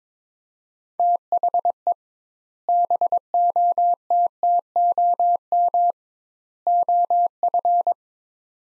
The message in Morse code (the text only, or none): THE BOTTOM OF